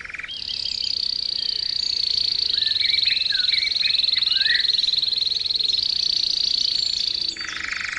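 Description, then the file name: Canary holding a long, even rolling trill at one high pitch for several seconds, with softer chattering notes beneath it. Canary therapy training recording (kenari terapi). "kenari terapi omkicau"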